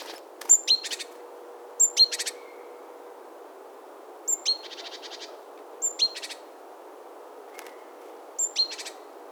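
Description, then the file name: Great tit calling in bursts: high piercing whistled notes that drop sharply, each followed by a brief buzzy trill, repeated every couple of seconds against quiet hiss. "Parus major"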